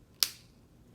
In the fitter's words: hear the click, or you can close it with two hands.